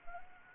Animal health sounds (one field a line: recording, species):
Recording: mosquito wingbeat signal from an infrared sensor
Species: Anopheles gambiae